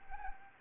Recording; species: mosquito wingbeat signal from an infrared sensor; Anopheles arabiensis